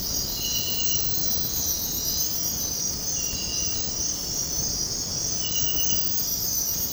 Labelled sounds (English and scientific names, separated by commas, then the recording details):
none
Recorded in dense forest near Puerto Asís, Putumayo, Colombia, on 18 February 2024 at 05:00
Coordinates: 0.503, -76.322
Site G6418